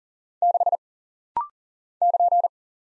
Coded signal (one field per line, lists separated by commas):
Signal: Morse code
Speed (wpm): 39 wpm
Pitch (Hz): 700 Hz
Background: none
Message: 6 <KN>